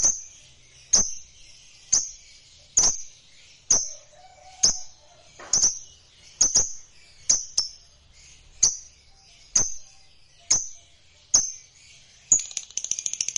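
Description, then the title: Lovebird chirps, sharp high notes about once a second, ending in a quick rattling chatter. A lovebird that is reluctant to sing, made to sing spontaneously and with intensity. "LOVEBIRD Malas Bunyi JADI GREGET SPONTAN Langsung NARIK"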